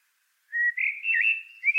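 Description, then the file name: Common blackbird producing a short, smooth whistled phrase that wavers slightly and lifts at the very end. "Turdus merula"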